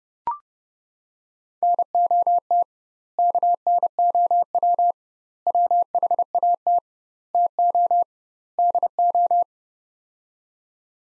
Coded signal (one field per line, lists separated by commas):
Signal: Morse code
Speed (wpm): 30 wpm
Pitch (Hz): 700 Hz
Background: none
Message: NOT KNOW WHAT TO DO